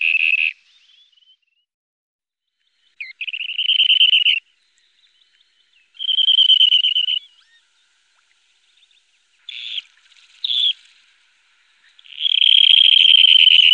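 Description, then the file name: Dunlin giving several buzzy, reeling bursts separated by silences, each a rapid vibrating trill of under a second to about one and a half seconds. The last is longer and continues to the end. "Karrsnappa"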